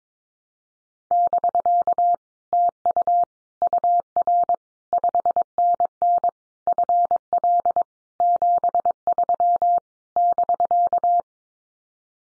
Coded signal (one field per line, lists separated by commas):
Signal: Morse code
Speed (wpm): 22 wpm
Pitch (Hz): 700 Hz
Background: none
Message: <BK> TU UR 5NN FL 73 <BK>